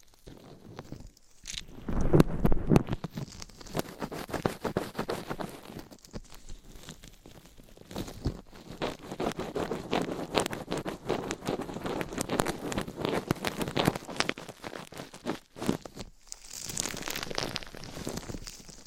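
Dense mic scratching and brushing strokes run throughout, with a loud bump near two seconds and brief quiet gaps around one and sixteen seconds.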